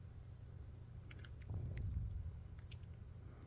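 Fingernail pressure is pressed on the battery flex connector of an Alcatel TCL LX A502DL phone against its mainboard socket. A few small clicks and rubbing sounds are heard over a low hum, with a sharp click at 2.7 s as the connector snaps fully into place.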